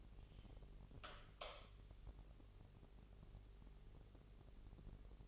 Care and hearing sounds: daily activity, microphone in the room; light on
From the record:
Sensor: 4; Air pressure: 996.1 hPa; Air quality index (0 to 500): 64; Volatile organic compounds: 2 ppm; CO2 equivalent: 1147 ppm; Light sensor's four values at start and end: 15/33/13/13 and 15/33/13/13

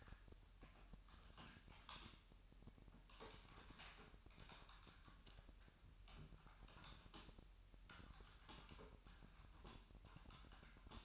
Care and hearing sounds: daily activity, microphone in the room; typing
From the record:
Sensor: 2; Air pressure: 1001.9 hPa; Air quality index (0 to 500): 248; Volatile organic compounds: 39 ppm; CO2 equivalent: 3129 ppm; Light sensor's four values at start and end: 10/36/13/14 and 11/36/13/14

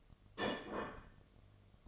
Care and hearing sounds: daily activity, microphone in the room; place plate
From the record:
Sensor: 4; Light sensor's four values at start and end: 5/12/4/4 and 5/12/4/4

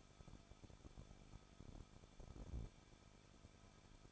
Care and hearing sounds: daily activity, microphone in the room; no activity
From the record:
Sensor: 5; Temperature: 20.8 degrees Celsius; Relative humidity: 38.6%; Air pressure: 1006.4 hPa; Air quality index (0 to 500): 191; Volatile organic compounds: 21 ppm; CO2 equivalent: 2707 ppm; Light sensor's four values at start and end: 2/3/1/1 and 2/3/1/1

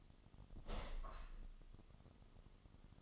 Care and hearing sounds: daily activity, microphone in the room; open window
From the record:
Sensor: 4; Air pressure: 1005.5 hPa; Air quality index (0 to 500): 92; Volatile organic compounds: 2 ppm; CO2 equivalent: 1135 ppm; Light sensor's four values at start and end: 13/29/11/11 and 13/29/11/11

